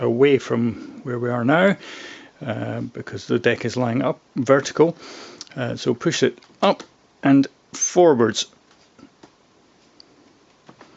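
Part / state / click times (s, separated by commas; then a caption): access panel catch in turntable base / not seated / none. Someone talks while handling the retaining catch for the access panel on the underside of a Thorens TD126 Mk2 turntable deck, which is lying vertical, pushing it up and forwards. A few faint, short clicks and taps follow near the end, but nothing has seated or clicked into place yet.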